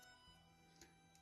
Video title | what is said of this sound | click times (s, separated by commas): Myth Cloth Saint Seiya de Shaka du Virgo (Bandai) | il se clipse. | 0.8 s, 1.2 s